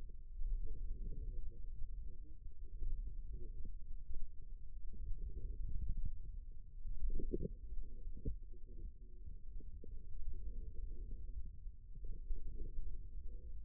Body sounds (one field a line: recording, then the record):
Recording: forearm muscle sounds (acoustic myography)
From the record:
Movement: wrist extension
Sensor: system 2, bracelet of six BSWA MPA416 microphones around the upper forearm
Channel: 3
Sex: male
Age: 22 years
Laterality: right